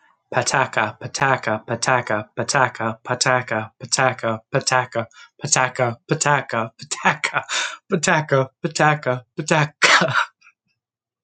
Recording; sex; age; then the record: repeated syllables /pa ta ka/; male; 30 to 39 years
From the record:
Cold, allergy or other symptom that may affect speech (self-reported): no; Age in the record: 39 years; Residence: Georgia, United States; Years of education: 14